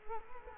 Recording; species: mosquito wingbeat signal from an infrared sensor; Culex quinquefasciatus